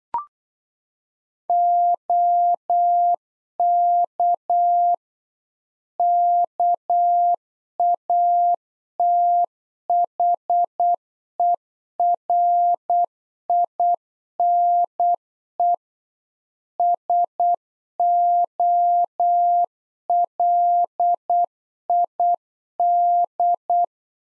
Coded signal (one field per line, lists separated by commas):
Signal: Morse code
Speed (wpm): 8 wpm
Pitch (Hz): 700 Hz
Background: none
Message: OK KATHERINE SOLID